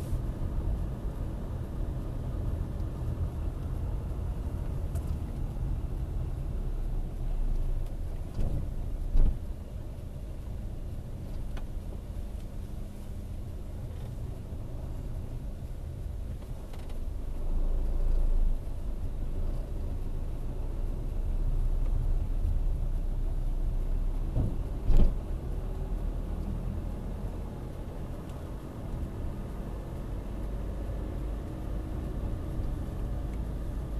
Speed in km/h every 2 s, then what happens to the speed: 22, 20, 16, 12, 10, 10, 9, 9, 9, 12, 15, 15, 17, 21, 22, 25, 26.
0-7 slows to 10. 7-16 steady at about 9. 16-34 speeds up to 26.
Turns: 0-10.